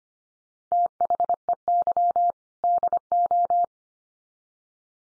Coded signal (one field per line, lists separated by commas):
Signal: Morse code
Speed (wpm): 25 wpm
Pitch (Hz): 700 Hz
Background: none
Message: THEY DO